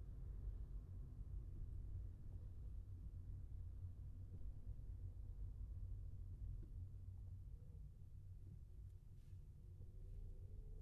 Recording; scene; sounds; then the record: everyday scene through a hearing-aid microphone; in a vehicle; engine, traffic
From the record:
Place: Skoda Fabia, gasoline engine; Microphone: behind the ear, left, rear